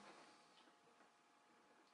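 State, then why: Not seated. A plastic trim plate is dropped into line with the notches of a spa tub panel fitting, ready to be pushed in. Only a quiet, steady handling rustle is heard over a faint hiss. Nothing has seated or clicked yet.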